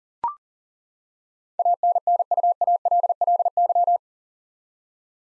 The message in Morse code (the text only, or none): ANNUALLY